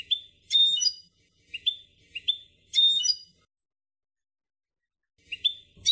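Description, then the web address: Finch song, short bursts of high chirpy notes repeated roughly every second, a pause, then one more burst. Tutor song for training finches. "صدای-سهره-مربی-برای-اموزش"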